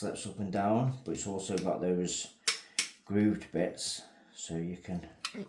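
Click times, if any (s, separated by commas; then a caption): none. Someone talks while the sliding arm of an adjustable scribing gauge is moved up and down along its grooved body, with a few short, sharp handling sounds in the pauses. The arm has not yet dropped into a notch in the grooves; nothing has clicked into place yet.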